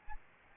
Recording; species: mosquito wingbeat signal from an infrared sensor; Aedes albopictus